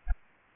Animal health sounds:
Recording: mosquito wingbeat signal from an infrared sensor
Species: Aedes albopictus

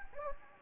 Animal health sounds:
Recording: mosquito wingbeat signal from an infrared sensor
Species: Anopheles gambiae

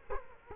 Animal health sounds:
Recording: mosquito wingbeat signal from an infrared sensor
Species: Culex quinquefasciatus

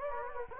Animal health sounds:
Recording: mosquito wingbeat signal from an infrared sensor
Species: Anopheles gambiae

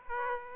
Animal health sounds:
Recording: mosquito wingbeat signal from an infrared sensor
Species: Aedes aegypti

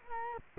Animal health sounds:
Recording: mosquito wingbeat signal from an infrared sensor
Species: Culex quinquefasciatus

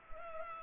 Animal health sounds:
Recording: mosquito wingbeat signal from an infrared sensor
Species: Culex pipiens

